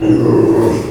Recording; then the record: squeal of a Yucatan mini pig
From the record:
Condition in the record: before surgery on the right vocal fold (resection and tissue-engineered implant); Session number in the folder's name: 1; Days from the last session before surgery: -3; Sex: male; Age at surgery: 12 weeks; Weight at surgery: 13 kg